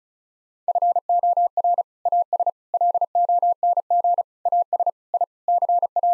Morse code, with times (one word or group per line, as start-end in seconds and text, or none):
0.7-1.8 FOR
2.1-2.5 AS
2.7-4.2 LONG
4.5-4.9 AS
5.1-5.2 I
5.5-6.1 CA